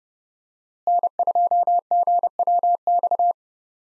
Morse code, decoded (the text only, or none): N2GWX